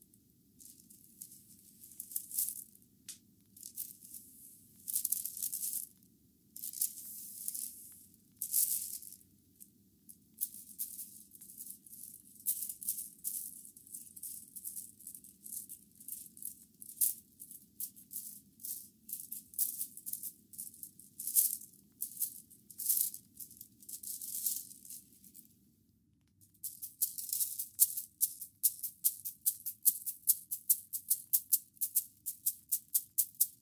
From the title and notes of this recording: ASMR massage with Bamboo brooms by Adel. Rare type of massage using bamboo brooms.